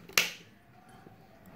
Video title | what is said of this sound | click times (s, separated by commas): Wipro Garnet 5-Watt LED Batten Unboxing, Assembly, Installation & Review - Wipeout the darkness! | it in when you until you hear a click sound and that's when the tube flag is attached | 0.2 s